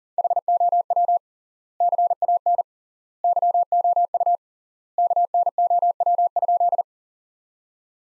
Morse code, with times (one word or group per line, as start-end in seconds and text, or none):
0.2-1.2 HOW
1.8-2.6 CAN
3.2-4.4 YOU
5.0-6.8 KNOW?